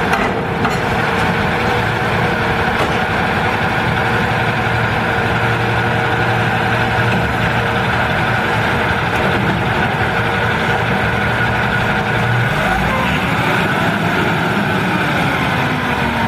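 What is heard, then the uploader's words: A garbage truck engine rumbles loudly and steadily, with a constant low drone holding through most of the clip. Near the twelve-second mark the drone drops away and a whining tone rises in pitch, like the motor revving or machinery starting to work. Garbage Trucks.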